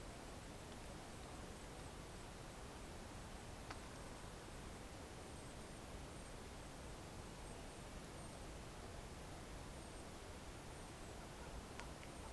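An overnight spring soundscape from the eastern Parry Sound District of Ontario, dominated by a steady, even hiss with a faint low rumble underneath. A thin high whine runs across the top throughout, and two brief sharp ticks stand out, near four seconds and near twelve.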